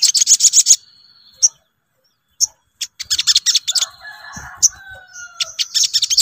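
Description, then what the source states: Brown-throated sunbird song: rapid bursts of high, scratchy chatter, a thin sustained whistle, and drawn-out lower notes in the middle before the chatter resumes. Bird-song training recording (masteran), Labaik song variant.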